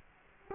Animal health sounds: mosquito wingbeat signal from an infrared sensor; Culex quinquefasciatus

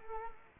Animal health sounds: mosquito wingbeat signal from an infrared sensor; Culex quinquefasciatus

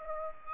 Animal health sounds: mosquito wingbeat signal from an infrared sensor; Aedes aegypti

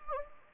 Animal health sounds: mosquito wingbeat signal from an infrared sensor; Anopheles gambiae

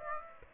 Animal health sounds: mosquito wingbeat signal from an infrared sensor; Aedes aegypti

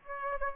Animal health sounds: mosquito wingbeat signal from an infrared sensor; Aedes aegypti

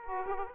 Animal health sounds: mosquito wingbeat signal from an infrared sensor; Aedes aegypti

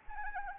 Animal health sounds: mosquito wingbeat signal from an infrared sensor; Anopheles arabiensis

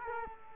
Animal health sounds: mosquito wingbeat signal from an infrared sensor; Culex quinquefasciatus

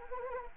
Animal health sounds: mosquito wingbeat signal from an infrared sensor; Anopheles arabiensis

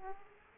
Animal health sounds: mosquito wingbeat signal from an infrared sensor; Aedes aegypti

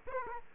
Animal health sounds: mosquito wingbeat signal from an infrared sensor; Aedes aegypti

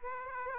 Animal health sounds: mosquito wingbeat signal from an infrared sensor; Aedes aegypti

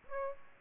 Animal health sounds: mosquito wingbeat signal from an infrared sensor; Aedes aegypti

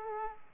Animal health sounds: mosquito wingbeat signal from an infrared sensor; Aedes aegypti

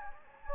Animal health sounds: mosquito wingbeat signal from an infrared sensor; Anopheles gambiae

